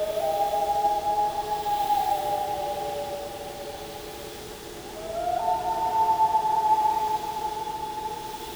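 Loon giving two long wails: a steady note that dips and fades, then a second note rises and holds, over low humming drones.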